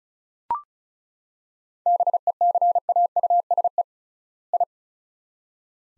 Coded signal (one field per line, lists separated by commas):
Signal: Morse code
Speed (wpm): 36 wpm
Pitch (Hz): 700 Hz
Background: none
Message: BECAUSE I